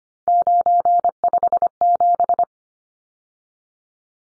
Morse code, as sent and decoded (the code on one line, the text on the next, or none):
----. ..... --...
957